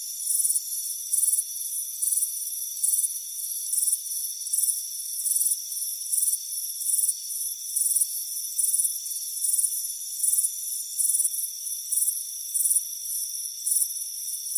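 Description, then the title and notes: Crickets repeat bright, pulsing chirps at a steady pace, set against a continuous high insect hum. Crickets chirping on a front porch on a warm afternoon. "Soothing Crickets Chirping Sound. It's a warm afternoon as you relax in a hammock on the front porch. Relax and fall asleep to the soothing sound of chirping crickets"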